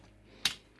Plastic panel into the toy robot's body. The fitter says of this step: and then that should all didn't sound good but it all just snapped right in place don't sound good all right